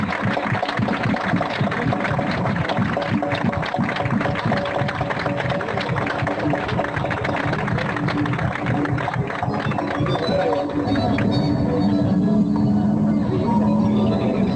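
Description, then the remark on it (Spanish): A crowd applauds steadily for about fifteen seconds for the people who collaborated and set up the stage, a dense, loud wash of many hands clapping at once, with some shouts or voices mixed in toward the end. “Así que yo quisiera, antes que comenzar con esto, agradecerle a todos, pedir un fuerte aplauso tanto para ustedes como para toda la gente que está colaborando y armado el escenario.”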